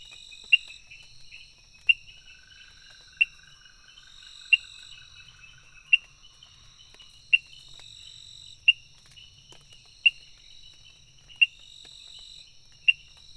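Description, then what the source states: Frog call, regular crisp ticks about every 1.4 seconds through the whole stretch, with an unbroken chorus of high insects behind. Recorded 23 June 2018, between 18:00 and 20:00.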